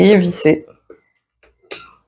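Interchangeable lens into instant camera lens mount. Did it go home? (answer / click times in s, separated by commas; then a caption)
yes / 1.7 s. An interchangeable lens is put back on a NONS SL660 instant camera with its red dot lined up to the red dot on the body, then twisted into the bayonet mount. Someone talks at the start, followed by a few faint ticks. A sharp click at 1.7 s marks the lens locking into the mount.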